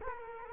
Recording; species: mosquito wingbeat signal from an infrared sensor; Culex quinquefasciatus